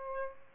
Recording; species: mosquito wingbeat signal from an infrared sensor; Aedes aegypti